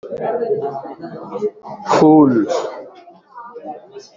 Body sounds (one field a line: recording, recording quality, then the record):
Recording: sustained vowel as in boot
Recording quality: moderate, slight background noise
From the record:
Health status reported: COVID-19 positive, mild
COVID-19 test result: positive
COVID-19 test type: RT-PCR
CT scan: not taken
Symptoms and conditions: cough, cold, breathing difficulty, fever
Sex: male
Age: 34 years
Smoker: no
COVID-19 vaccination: both doses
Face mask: worn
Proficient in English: yes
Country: India